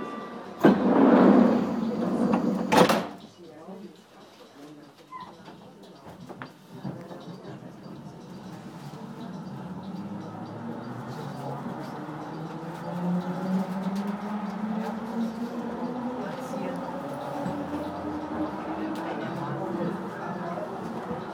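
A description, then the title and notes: A morning ride on a commuter train heading west. A voice speaks loudly for the first few seconds, ending with a sharp knock, then the train pulls away: a low motor whine climbs steadily in pitch over a constant rumble, growing louder as it gains speed. Friday morning on the S-Bahn heading west.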